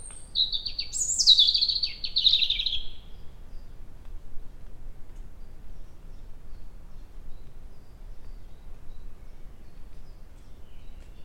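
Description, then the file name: European robin song: a sweet, high tumbling phrase of thin whistles and fast trills near the start, followed by quiet. "Erithacus rubecula"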